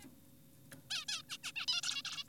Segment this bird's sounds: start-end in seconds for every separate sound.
0.02-0.07, 0.90-1.05, 1.08-1.22, 1.29-1.38, 1.44-1.52, 1.56-1.66, 1.68-1.81, 1.83-2.02, 2.05-2.24